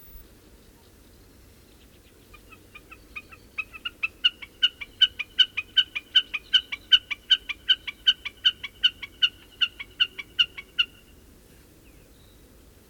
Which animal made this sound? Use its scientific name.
Gallinago gallinago